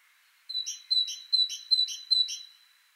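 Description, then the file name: Great tit producing a rapid series of five ringing two-note phrases, high and clear, evenly spaced about every 0.4 seconds against a quiet background. "Parus major"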